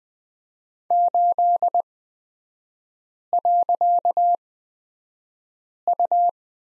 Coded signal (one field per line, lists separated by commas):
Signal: Morse code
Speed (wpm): 20 wpm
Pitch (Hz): 700 Hz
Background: none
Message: 8.U